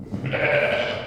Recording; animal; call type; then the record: contact call of a hoofed animal; sheep; low-frequency (closed-mouth) or high-frequency (open-mouth) call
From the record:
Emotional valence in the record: negative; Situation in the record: short social isolation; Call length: 1.08 s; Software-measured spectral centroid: 1780 Hz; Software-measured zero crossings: 2090 a second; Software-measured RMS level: -23 dBFS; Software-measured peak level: -8 dBFS